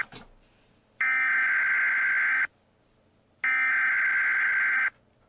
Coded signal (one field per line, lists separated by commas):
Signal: Emergency Alert System (SAME) tones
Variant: header bursts